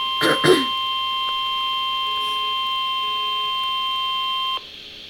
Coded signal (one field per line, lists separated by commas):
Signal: Emergency Alert System (SAME) tones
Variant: 1050 Hz attention tone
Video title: (MAJOR EAS FAIL) Flood Warning (EAS#234)